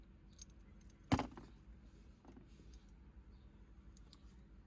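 A blue plastic factory connector from a Lexus GX460 is plugged into the female connector of a remote window up-and-down module harness during the module install. A sharp click lands at 1.1 s, with a few fainter ticks around it, and the connector clicks in and seats.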